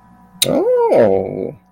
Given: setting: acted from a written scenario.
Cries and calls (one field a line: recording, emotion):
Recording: vocal sound without words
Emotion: interest